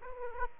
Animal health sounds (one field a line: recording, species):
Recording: mosquito wingbeat signal from an infrared sensor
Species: Aedes aegypti